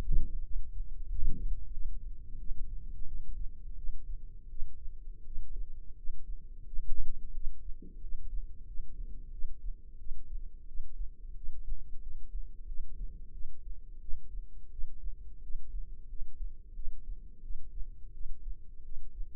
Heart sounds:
heart sounds by microphone in the left ear; 88 bpm
0.43 s: heartbeat
1.07 s: heartbeat
1.72 s: heartbeat
2.39 s: heartbeat
3.07 s: heartbeat
3.76 s: heartbeat
4.49 s: heartbeat
5.25 s: heartbeat
5.96 s: heartbeat
6.65 s: heartbeat
7.33 s: heartbeat
8.01 s: heartbeat
8.65 s: heartbeat
9.31 s: heartbeat
9.98 s: heartbeat
10.66 s: heartbeat
11.35 s: heartbeat
12.01 s: heartbeat
12.66 s: heartbeat
13.32 s: heartbeat
14.00 s: heartbeat
14.70 s: heartbeat
15.41 s: heartbeat
16.08 s: heartbeat
16.74 s: heartbeat
17.42 s: heartbeat
18.12 s: heartbeat
18.83 s: heartbeat
From the record:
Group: healthy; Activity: rest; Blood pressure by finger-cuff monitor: 81/46 mmHg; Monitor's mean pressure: 60 mmHg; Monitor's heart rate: 89 bpm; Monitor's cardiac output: 8.4 L/min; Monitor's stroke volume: 93 mL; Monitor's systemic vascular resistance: 500 dyn s/cm5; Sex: female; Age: 22 years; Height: 161 cm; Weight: 65.5 kg

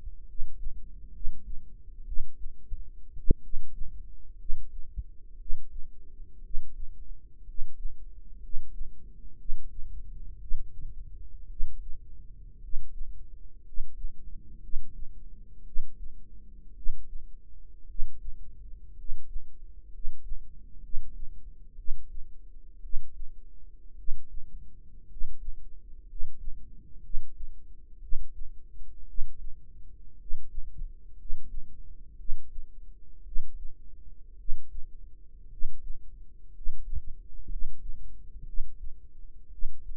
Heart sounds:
heart sounds by microphone in the right ear; 58 bpm
0.23 s: heartbeat
1.10 s: heartbeat
2.03 s: heartbeat
3.14 s: heartbeat
4.35 s: heartbeat
5.35 s: heartbeat
6.39 s: heartbeat
7.42 s: heartbeat
8.38 s: heartbeat
9.35 s: heartbeat
10.37 s: heartbeat
11.46 s: heartbeat
12.58 s: heartbeat
13.61 s: heartbeat
14.58 s: heartbeat
15.62 s: heartbeat
16.72 s: heartbeat
17.84 s: heartbeat
18.93 s: heartbeat
19.88 s: heartbeat
20.79 s: heartbeat
21.74 s: heartbeat
22.79 s: heartbeat
23.94 s: heartbeat
25.05 s: heartbeat
26.04 s: heartbeat
26.99 s: heartbeat
27.98 s: heartbeat
29.04 s: heartbeat
30.15 s: heartbeat
31.14 s: heartbeat
32.15 s: heartbeat
33.21 s: heartbeat
34.34 s: heartbeat
35.47 s: heartbeat
36.49 s: heartbeat
37.46 s: heartbeat
38.43 s: heartbeat
39.48 s: heartbeat
From the record:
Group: healthy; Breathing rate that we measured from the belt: 10 breaths a minute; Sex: male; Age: 25 years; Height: 170 cm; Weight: 70.4 kg

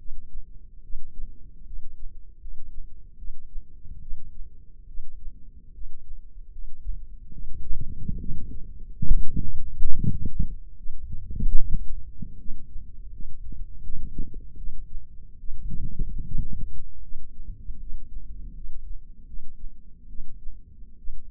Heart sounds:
heart sounds by microphone in the left ear; 74 bpm
0.82 s: heartbeat
1.66 s: heartbeat
2.40 s: heartbeat
3.17 s: heartbeat
4.01 s: heartbeat
4.87 s: heartbeat
5.73 s: heartbeat
6.51 s: heartbeat
7.32 s: heartbeat
8.19 s: heartbeat
9.08 s: heartbeat
9.96 s: heartbeat
10.76 s: heartbeat
11.54 s: heartbeat
12.38 s: heartbeat
13.11 s: heartbeat
13.82 s: heartbeat
14.56 s: heartbeat
15.38 s: heartbeat
16.24 s: heartbeat
17.01 s: heartbeat
17.79 s: heartbeat
18.53 s: heartbeat
19.26 s: heartbeat
20.08 s: heartbeat
20.97 s: heartbeat
From the record:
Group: healthy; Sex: female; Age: 19 years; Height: 163 cm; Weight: 51 kg

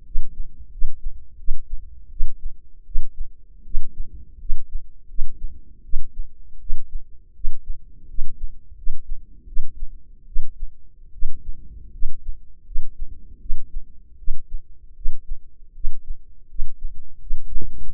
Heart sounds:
heart sounds by microphone in the left ear; 81 bpm
0.05 s: heartbeat
0.71 s: heartbeat
1.37 s: heartbeat
2.10 s: heartbeat
2.85 s: heartbeat
3.64 s: heartbeat
4.39 s: heartbeat
5.08 s: heartbeat
5.83 s: heartbeat
6.59 s: heartbeat
7.34 s: heartbeat
8.07 s: heartbeat
8.75 s: heartbeat
9.46 s: heartbeat
10.26 s: heartbeat
11.12 s: heartbeat
11.91 s: heartbeat
12.64 s: heartbeat
13.39 s: heartbeat
14.17 s: heartbeat
14.95 s: heartbeat
15.74 s: heartbeat
16.48 s: heartbeat
17.19 s: heartbeat
17.88 s: heartbeat
From the record:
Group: healthy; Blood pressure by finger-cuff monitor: 102/56 mmHg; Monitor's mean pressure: 70 mmHg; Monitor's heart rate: 80 bpm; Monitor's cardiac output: 7.5 L/min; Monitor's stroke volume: 91 mL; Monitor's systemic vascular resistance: 670 dyn s/cm5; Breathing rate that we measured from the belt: 15 breaths a minute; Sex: female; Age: 22 years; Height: 157 cm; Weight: 47.6 kg

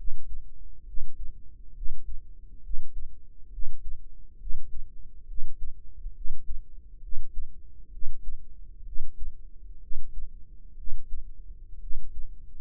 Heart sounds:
heart sounds by microphone in the right ear; 66 bpm
0.85 s: heartbeat
1.73 s: heartbeat
2.61 s: heartbeat
3.50 s: heartbeat
4.38 s: heartbeat
5.26 s: heartbeat
6.13 s: heartbeat
7.00 s: heartbeat
7.90 s: heartbeat
8.83 s: heartbeat
9.79 s: heartbeat
10.75 s: heartbeat
11.79 s: heartbeat
From the record:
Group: healthy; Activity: breath hold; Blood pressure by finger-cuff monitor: 112/72 mmHg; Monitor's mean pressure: 83 mmHg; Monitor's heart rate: 67 bpm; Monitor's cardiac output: 5.3 L/min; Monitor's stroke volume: 81 mL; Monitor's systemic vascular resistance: 1090 dyn s/cm5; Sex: female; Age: 22 years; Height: 160 cm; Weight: 45 kg

